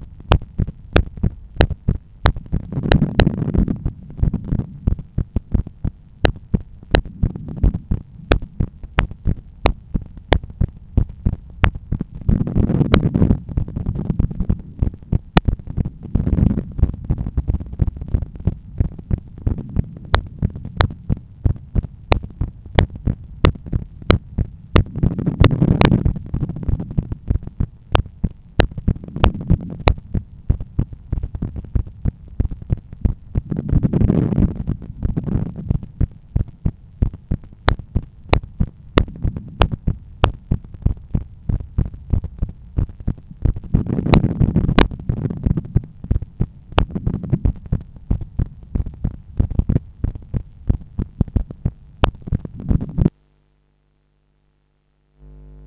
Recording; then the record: heart sounds by stethoscope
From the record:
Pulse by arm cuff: 91 bpm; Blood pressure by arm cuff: 135/83 mmHg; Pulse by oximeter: 91 bpm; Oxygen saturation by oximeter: 95%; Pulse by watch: 90 bpm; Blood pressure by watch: 137/88 mmHg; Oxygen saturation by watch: 95%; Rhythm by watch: sinus rhythm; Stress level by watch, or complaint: low stress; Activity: during smoking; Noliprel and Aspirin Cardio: after pills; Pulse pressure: 52 mmHg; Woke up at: 7:30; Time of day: 21:25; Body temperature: 36.5 C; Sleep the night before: 8 h 32 min, score 78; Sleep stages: REM 32%, light 50%, deep 12%, awake 6%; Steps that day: 9500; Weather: clear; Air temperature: 20 C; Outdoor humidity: 65%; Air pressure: 1014 hPa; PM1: 22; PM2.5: 30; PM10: 30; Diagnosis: hypertension, treated with Noliprel and Aspirin Cardio 100 mg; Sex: male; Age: 53 years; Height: 174 cm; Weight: 81 kg